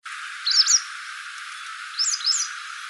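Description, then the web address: White wagtail calls, two sharp high chirping double notes, one near the start and another pair about a second and a half later, over a steady hiss. "cianscape birddata Deverinetal 2025"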